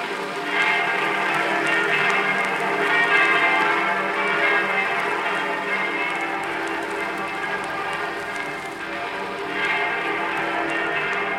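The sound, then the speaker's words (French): Many church bells in Paris peal together for the Liberation as the Allies enter the city at 22:25, a dense, continuous clangor, their overlapping metallic tones ringing steadily and loudly throughout without pause, with no voices. “Ce sont les cloches de la libération qui sonnent.”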